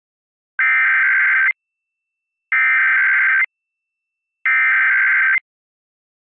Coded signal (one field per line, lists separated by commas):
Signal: Emergency Alert System (SAME) tones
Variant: header bursts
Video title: EAS RMT In Washington DC (8-23-23 WETA-DT5)